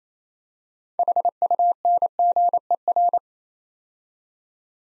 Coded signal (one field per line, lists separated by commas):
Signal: Morse code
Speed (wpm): 27 wpm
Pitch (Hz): 700 Hz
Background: none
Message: HUNGER